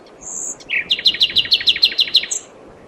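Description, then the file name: Common nightingale song: a high pure whistle, then a fast even series of repeated clicking pulses, ending on another whistle. "Luscinia megarhynchos"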